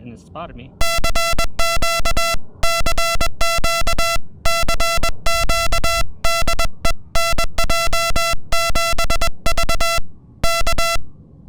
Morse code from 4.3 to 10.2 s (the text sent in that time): CQ DE NJ7V